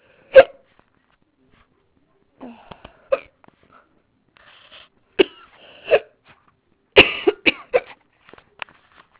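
A long bout of abrupt, sharp, involuntary hiccups recurring every second or two in an adult woman who thinks she is getting a cold.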